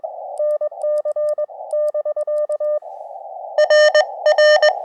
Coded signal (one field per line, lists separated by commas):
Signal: Morse code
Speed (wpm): 21 wpm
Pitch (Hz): 590 Hz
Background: none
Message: NC <BK> RR